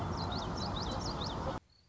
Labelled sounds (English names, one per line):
Common Yellowthroat